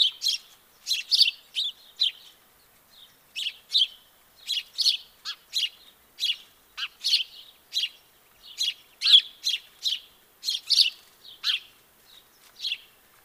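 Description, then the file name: House sparrow giving lively chirps in bursts, clustered notes with brief pauses between groups, fairly continuous chattering throughout. "Passer domesticus"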